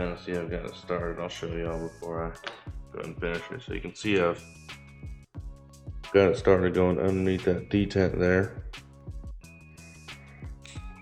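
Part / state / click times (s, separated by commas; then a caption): ambidextrous safety lever into rifle lower receiver / seated / 10.7 s. A Radian Talon metal ambidextrous safety lever is wiggled the rest of the way under the detent in a rifle lower receiver while someone talks over background music. It snaps into place with a sharp click at 10.7 s and is seated securely.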